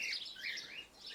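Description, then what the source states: Cockatiel making a brief series of sliding, warbled chirps that rise and fall. Pearl colour variety cockatiel.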